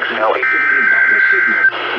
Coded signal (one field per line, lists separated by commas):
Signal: Emergency Alert System (SAME) tones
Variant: header bursts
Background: speech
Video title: SLIGHTLY LATE THERE, WXL25... EAS Alerts from 6/3/2020-6/30/2020 (EAS #324-336)(Re-Upload)